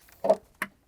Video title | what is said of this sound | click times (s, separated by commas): BMW X3 Drive Belt & Tensioner Replacement DIY (2018-2024 BMW G01 X3, G02 X4, M40i, B58TU Engine) | There we go, it clicked in. | 0.6 s